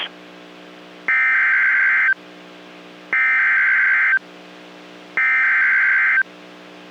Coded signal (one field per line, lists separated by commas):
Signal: Emergency Alert System (SAME) tones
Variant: header bursts